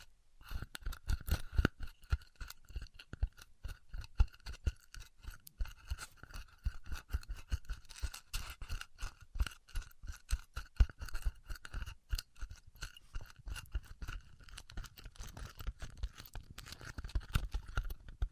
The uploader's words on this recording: ASMR Styrofoam Heat Cutting (No Talking).